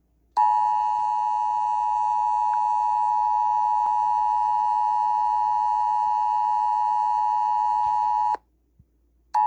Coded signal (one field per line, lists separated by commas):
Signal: Emergency Alert System (SAME) tones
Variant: 853 and 960 Hz attention tone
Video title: EAS #20 Severe Thunderstorm Warning